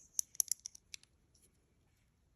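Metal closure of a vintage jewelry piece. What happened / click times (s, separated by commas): Small metal clasp snaps back in / 0.4 s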